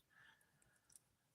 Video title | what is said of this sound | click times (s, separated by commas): What's It Take To Break!!! | Oh, I heard a click. It was close. | 1.0 s